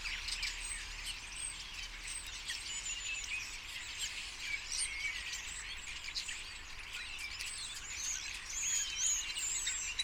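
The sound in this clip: Common starlings keep up a busy chorus of rapid clicks and short whistles, with a few clearer slurred whistles near the end.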